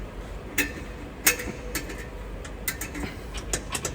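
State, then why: Not seated. A clutch release bearing is pushed onto the clutch and gearbox assembly of a DAF CF85 truck with an MX13 engine during a clutch change. Short, sharp metallic knocks sound at about 0.6, 1.3, 2.7, 3.5 and 3.9 s over a low, steady background. Nothing has seated or clicked in yet.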